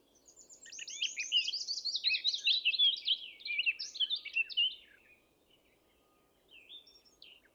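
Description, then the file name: Eurasian blackcap giving one long, loud burst of rapid, varied warbling that builds quickly and ends after about five seconds, followed by a few faint notes. "Sylvia atricapilla"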